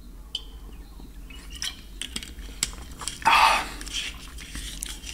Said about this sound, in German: Moment, jetzt müssen wir Schluck Wasser trinken.